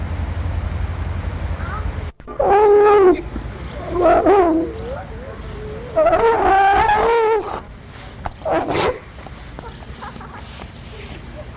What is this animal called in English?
Grey Seal